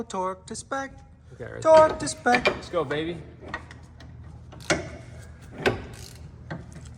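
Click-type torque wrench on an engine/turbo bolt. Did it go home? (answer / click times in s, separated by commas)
yes / 4.7 s, 5.7 s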